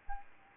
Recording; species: mosquito wingbeat signal from an infrared sensor; Aedes albopictus